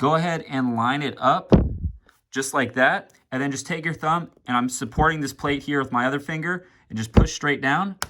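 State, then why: Not seated. A small U-shaped hose is lined up with the side holes in a plate, held between index finger and thumb, and pushed straight down with the thumb while the plate is supported by another finger. Someone talks throughout, with brief handling thumps near 1.5 s and 7.2 s. Nothing has seated or clicked yet.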